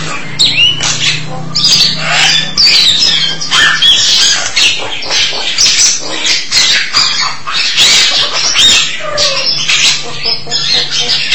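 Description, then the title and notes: Jalak (starling or myna) song of rapid harsh squeaks, rasps and slurred whistles, unbroken throughout, with a low hum underneath at times. "suara burung jalak"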